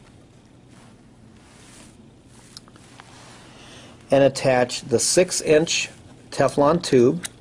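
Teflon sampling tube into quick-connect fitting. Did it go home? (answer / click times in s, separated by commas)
no / none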